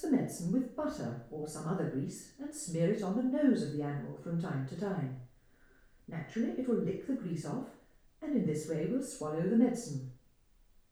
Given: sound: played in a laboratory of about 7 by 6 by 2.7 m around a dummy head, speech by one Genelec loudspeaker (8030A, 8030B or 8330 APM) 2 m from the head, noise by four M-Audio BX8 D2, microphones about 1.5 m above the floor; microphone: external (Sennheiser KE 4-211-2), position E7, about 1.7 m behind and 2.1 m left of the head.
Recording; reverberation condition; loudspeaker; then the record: female speech in English; medium; behind (180 degrees)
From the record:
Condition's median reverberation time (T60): about 510 ms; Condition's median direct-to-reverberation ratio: about -0.5 dB